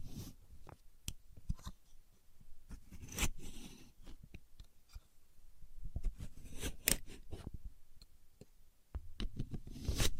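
A contour gauge is handled, its pins giving irregular light clicks, rattles and scrapes, with sharper snaps near three and seven seconds.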